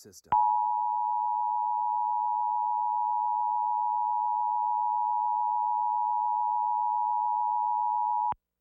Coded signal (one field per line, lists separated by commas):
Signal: Emergency Alert System (SAME) tones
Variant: 853 and 960 Hz attention tone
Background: speech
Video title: WABC EAS monthly test, 4/6/16